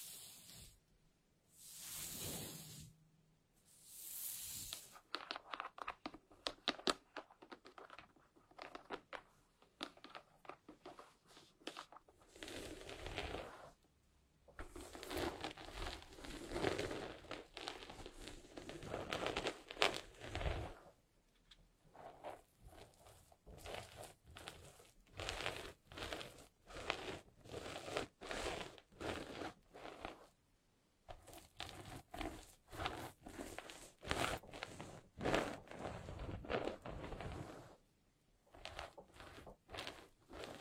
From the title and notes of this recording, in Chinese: 温温柔柔梳头发。